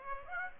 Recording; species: mosquito wingbeat signal from an infrared sensor; Aedes aegypti